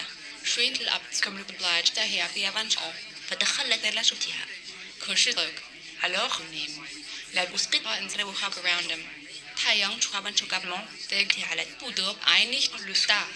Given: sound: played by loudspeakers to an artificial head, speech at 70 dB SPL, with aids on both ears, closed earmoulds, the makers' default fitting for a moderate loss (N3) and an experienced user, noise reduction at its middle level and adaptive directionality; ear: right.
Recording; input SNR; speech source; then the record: speech test signal (ISTS) in cocktail-party noise; +6 dB; in front (0 degrees)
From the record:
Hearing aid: class 1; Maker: B